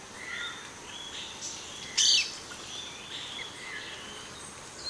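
Bird: a single sharp, high bird chirp stands out midway over soft hiss and faint background whistles.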